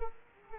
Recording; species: mosquito wingbeat signal from an infrared sensor; Culex quinquefasciatus